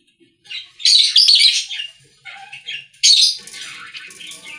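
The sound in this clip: Budgerigar chirping in bursts of scratchy, high warbled notes, two loud clusters separated by quieter chatter.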